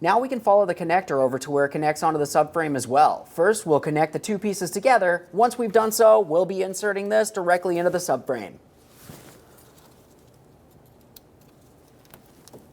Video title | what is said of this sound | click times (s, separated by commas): How to Replace Rear CV Axle Assemblies 2007-2013 Acura MDX 3.7L V6 | Listen for a click from that. | 11.2 s